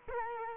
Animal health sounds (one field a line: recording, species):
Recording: mosquito wingbeat signal from an infrared sensor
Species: Culex quinquefasciatus